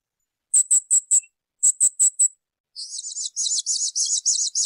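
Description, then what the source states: Spiderhunter song: two sets of four sharp, very high chipping notes, then a continuous rapid buzzy warbling trill at slightly lower pitch lasting about two seconds. Tutoring audio for training cage birds; described as singing constantly, clear and long.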